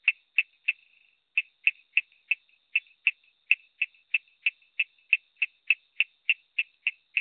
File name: Raorchestes luteolus call